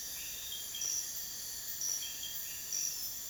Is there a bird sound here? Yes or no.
no